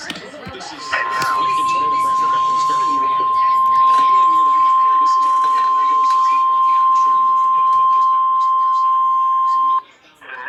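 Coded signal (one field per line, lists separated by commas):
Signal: Emergency Alert System (SAME) tones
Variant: 1050 Hz attention tone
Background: speech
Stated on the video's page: Severe thunderstorm warnings from NOAA Weather Radio streams played online on an iPad and Windows laptops, some recorded with the iPad camera.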